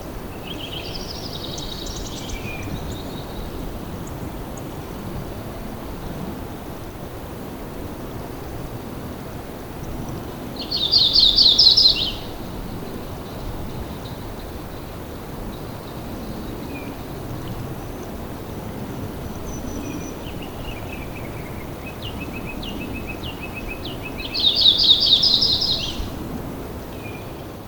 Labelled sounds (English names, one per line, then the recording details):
Yellow-rumped Warbler song
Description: Audubon's Warbler song recorded in Big Meadows in Rocky Mountain National Park
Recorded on 8 June 2016